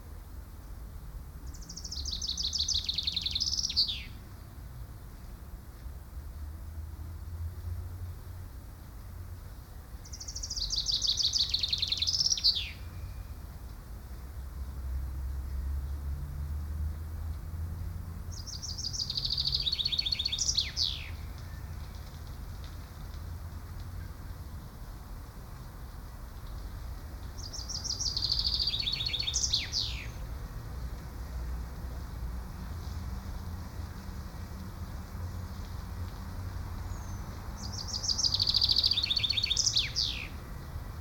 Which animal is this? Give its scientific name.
Fringilla coelebs